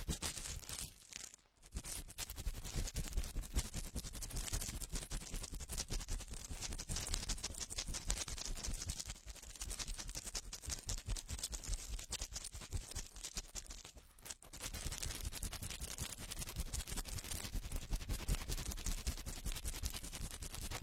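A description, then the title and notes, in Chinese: Fast, rough ear cleaning: a dense, continuous rush of scratching and crackling that fills the whole range from low rumble to bright hiss, packed with rapid clicks. The scraping pauses briefly near 1.5 seconds and again around 14 seconds, otherwise staying steady. 高速、暴力清理耳朵。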